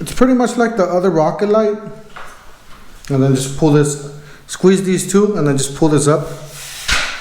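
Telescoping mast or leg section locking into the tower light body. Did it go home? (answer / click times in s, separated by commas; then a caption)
no / none. A man talks while handling a Milwaukee M12 Rocket Light, a portable tower work light, squeezing two release tabs and pulling up its telescoping mast or leg section. The clip ends before the section locks into the light body; nothing has seated or clicked yet.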